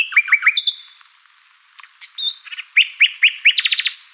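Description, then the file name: Common nightingale song: three rising chirps, a quiet pause, then a fast series of repeated bright notes building to a rapid trill. "Luscinia megarhynchos"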